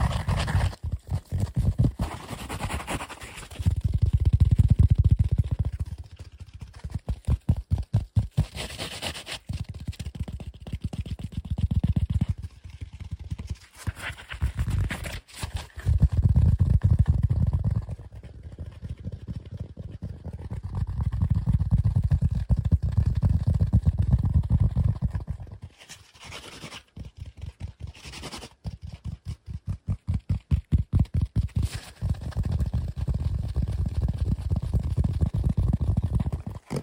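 Fast, aggressive tapping and scratching runs through the whole recording in dense, rapid bursts. Stretches of quick regular taps alternate with heavier, low rumbling scratches that swell and fade every few seconds, with brief near-silent gaps around 26 and 28 seconds.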